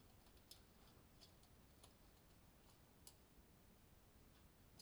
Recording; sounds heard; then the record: poultry house recording; no chicken sound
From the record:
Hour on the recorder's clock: 23